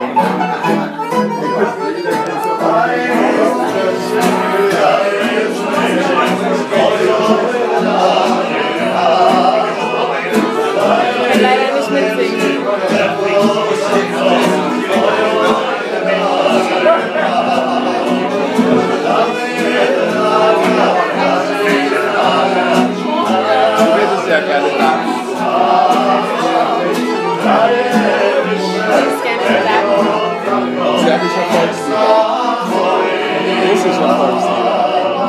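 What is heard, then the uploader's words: Steady, dense chatter fills a busy restaurant interior, many voices overlapping at a constant level with a bright clatter throughout, nothing standing out. Belgrade Restaurant Acoustics at 6 kralja petra I by Melanie Koeppen.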